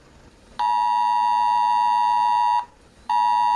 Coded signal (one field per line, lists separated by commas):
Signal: Emergency Alert System (SAME) tones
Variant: 853 and 960 Hz attention tone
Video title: Teléfono eas TV 📺 eas carro eas is radio eas